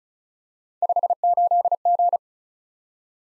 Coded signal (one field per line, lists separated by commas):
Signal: Morse code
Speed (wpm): 36 wpm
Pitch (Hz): 700 Hz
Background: none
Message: 58G